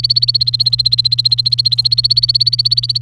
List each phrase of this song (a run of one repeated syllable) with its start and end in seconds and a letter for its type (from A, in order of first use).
0.00-3.01 A